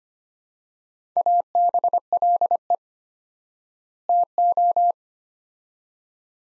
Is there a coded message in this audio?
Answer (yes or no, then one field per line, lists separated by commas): yes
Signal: Morse code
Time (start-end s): 1.2-4.9 s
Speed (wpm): 25 wpm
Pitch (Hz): 700 Hz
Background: none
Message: ABLE TO